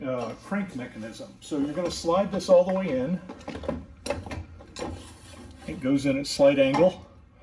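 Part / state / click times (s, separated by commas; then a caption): jack extension rod into spare tire winch crank / not seated / none. Someone talks while sliding the open end of a metal jack extension rod, at a slight angle, into the access hole where the lock was removed on a 2019+ GMC Sierra 1500 or Yukon, to engage the spare tire winch crank mechanism. A few brief knocks of the rod being handled are heard around 4.1 to 4.6 s. Nothing has seated or clicked yet.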